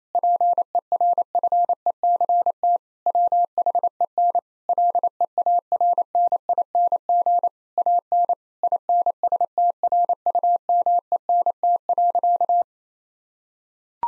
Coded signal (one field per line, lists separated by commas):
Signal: Morse code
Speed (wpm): 28 wpm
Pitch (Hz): 700 Hz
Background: none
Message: PERFECT WHEN LEARNING AN INSTRUMENT.